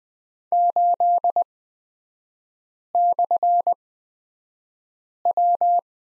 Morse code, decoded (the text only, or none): 8/W